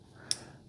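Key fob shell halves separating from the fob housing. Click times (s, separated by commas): 0.3 s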